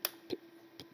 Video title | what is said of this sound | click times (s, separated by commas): Budget Desktop RAM Timetec DDR3 Memory Review And Installation | basically at the same time you hear the first clip and the other clip in this way you know the ram is already sitting nicely | 0.0 s, 0.8 s